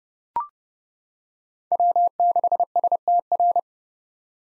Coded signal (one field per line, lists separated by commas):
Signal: Morse code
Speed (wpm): 30 wpm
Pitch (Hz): 700 Hz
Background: none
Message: W6STR